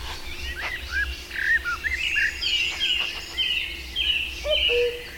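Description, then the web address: Bird song, a mix of short whistled slurred notes and chirps, with a low steady background hum. "madarak enek"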